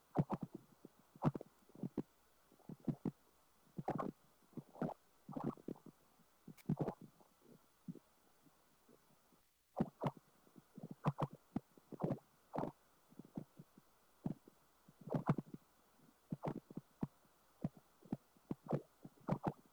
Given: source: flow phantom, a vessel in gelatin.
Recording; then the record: Doppler ultrasound of air bubbles in flowing water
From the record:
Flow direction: perpendicular to the transducer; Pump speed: changing at random every second, 150 to 250 rpm (540 to 900 mL/min); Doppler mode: pulsed wave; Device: 7 MHz transducer